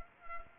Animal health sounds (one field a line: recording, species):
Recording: mosquito wingbeat signal from an infrared sensor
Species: Culex pipiens